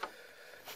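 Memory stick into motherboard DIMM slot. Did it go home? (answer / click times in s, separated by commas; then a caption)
no / none. A second RAM memory stick is lined up and pressed toward a motherboard DIMM slot with a plastic retention clip. A brief sharp tick at about 0.0 s is followed by low handling noise and a softer broadband rise near 0.7 s. Nothing has seated or clicked into place yet.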